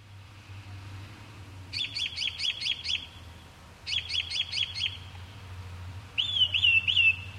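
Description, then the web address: Mockingbird song in three bursts, each a high phrase repeated about five or six times in quick succession, separated by short pauses, over a low steady hum. "david sounds Mimus"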